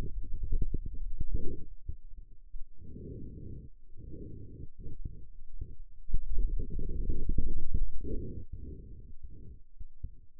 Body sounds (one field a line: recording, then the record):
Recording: forearm muscle sounds (acoustic myography)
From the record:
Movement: hand opening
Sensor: system 2, bracelet of six BSWA MPA416 microphones around the upper forearm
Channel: 6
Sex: male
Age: 22 years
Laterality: right